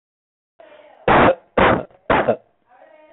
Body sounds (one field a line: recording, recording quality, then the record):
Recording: heavy voluntary cough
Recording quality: excellent, no background noise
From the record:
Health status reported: healthy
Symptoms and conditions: none ticked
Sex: male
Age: 32 years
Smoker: not ticked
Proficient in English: yes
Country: India